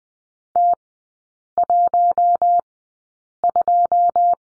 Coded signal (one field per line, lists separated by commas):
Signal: Morse code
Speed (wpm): 20 wpm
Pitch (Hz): 700 Hz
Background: none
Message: T 1 2